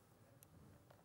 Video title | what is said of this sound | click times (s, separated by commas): JewelleryMaker LIVE 15/05/2023 | you can hear it you can actually hear it catching and it pops | 0.4 s